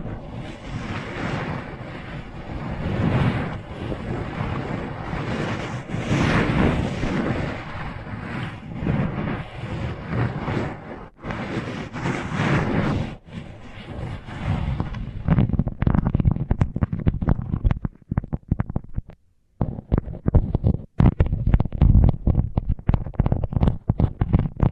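Sensitive tingles from microphones under tape: a dense, muffled rubbing and scratching that stays thick and rumbly for the first fifteen seconds. After that it breaks into choppy, quick bursts with short gaps, including a near-silent pause around nineteen seconds.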